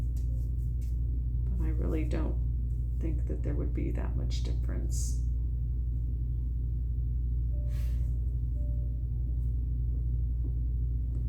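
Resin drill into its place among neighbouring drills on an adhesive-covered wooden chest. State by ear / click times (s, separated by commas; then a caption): not seated / none. A small resin diamond-painting drill is being handled over the adhesive-covered canvas on a small wooden chest, headed for its spot among the neighbouring drills. Someone talks over a steady low hum, with a few soft taps. Nothing has seated or clicked yet.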